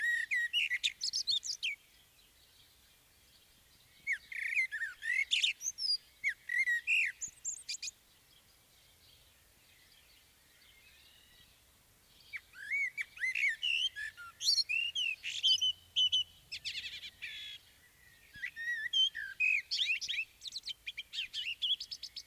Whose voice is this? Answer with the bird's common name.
Common Blackbird